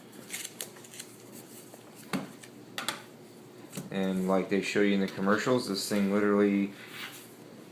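A magnetic type cover keyboard for a Microsoft Surface Pro 128GB tablet is handled near the tablet's bottom connector edge, with a few light clicks and taps in the first three seconds. Then someone talks, and the clip ends before the cover snaps on, so nothing has seated or clicked into place yet.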